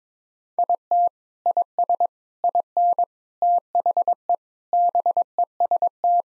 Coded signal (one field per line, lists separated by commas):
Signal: Morse code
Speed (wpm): 22 wpm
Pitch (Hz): 700 Hz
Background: none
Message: IT IS IN THE BEST